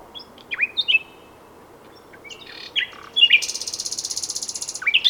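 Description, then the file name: Common nightingale song: swooping whistled notes followed by a fast buzzing rattle-like trill. "Luscinia megarhynchos"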